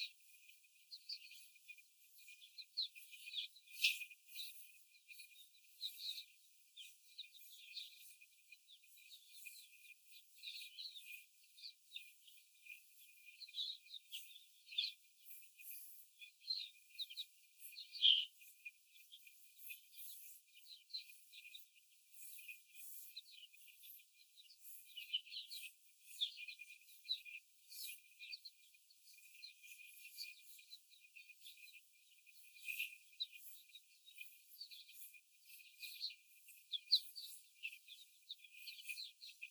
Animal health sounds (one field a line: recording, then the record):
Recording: young laying hens in a cage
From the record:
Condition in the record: after the stressor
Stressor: simulated dog barking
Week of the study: 4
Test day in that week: 1